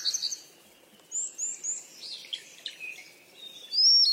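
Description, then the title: Bird chirping softly: scattered high, thin notes and short twitters over a faint background hiss, ending with a louder sustained chirp. "鸟儿喳喳"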